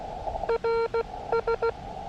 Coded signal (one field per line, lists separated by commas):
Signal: Morse code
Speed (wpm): 16 wpm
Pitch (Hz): 460 Hz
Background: none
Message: RS